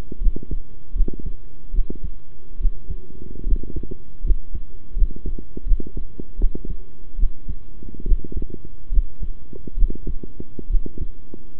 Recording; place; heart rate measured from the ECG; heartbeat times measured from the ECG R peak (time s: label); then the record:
heart sounds by stethoscope; between the tricuspid and mitral areas; 74 bpm
0.20 s: heartbeat
0.94 s: heartbeat
1.73 s: heartbeat
2.59 s: heartbeat
3.45 s: heartbeat
4.23 s: heartbeat
4.95 s: heartbeat
5.65 s: heartbeat
6.38 s: heartbeat
7.18 s: heartbeat
8.05 s: heartbeat
8.91 s: heartbeat
9.76 s: heartbeat
10.69 s: heartbeat
From the record:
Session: rest, sitting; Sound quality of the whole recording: good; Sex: male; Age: 23 years